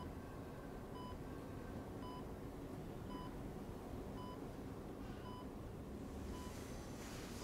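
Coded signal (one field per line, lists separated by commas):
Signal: none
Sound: a monitor's steady beeps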